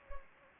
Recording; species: mosquito wingbeat signal from an infrared sensor; Anopheles gambiae